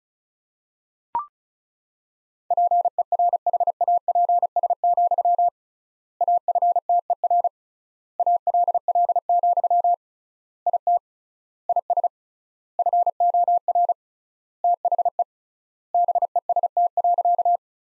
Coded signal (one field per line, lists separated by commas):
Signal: Morse code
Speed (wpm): 36 wpm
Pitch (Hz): 700 Hz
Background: none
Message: PERHAPS, AFTER ALL, IT IS FOR THE BEST.